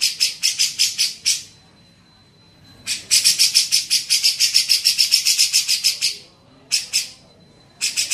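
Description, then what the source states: Grey-cheeked bulbul song, rasping buzzy notes in fast series broken by silent gaps, with a thin steady whine in the background. Used for training songbirds (masteran).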